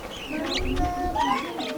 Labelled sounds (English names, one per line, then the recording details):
Superb Starling flight call
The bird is a male
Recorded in Kenya on 9 April 2009 at 15:14
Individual 61, of group MRCV